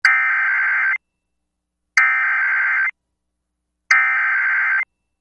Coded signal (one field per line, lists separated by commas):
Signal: Emergency Alert System (SAME) tones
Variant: header bursts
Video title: Tornado Warning (Colbert, Franklin, Lauderdale Counties, AL) (4/5/25) [EAS #132]